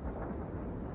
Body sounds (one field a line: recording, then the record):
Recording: background sound without coughing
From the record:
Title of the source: Train Ride Ambience ambient white noise for sleeping, focus, studying, reading